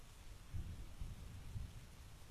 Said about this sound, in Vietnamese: Ờ, bữa nay tụi mình quyết định để tiếng mưa làm cho nó mới mới nghe. Có cả tiếng sấm nữa các bạn.